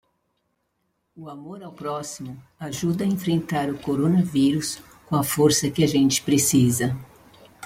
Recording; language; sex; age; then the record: spoken sentence; Brazilian Portuguese; female; 60 to 69 years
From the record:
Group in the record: control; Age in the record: 63 years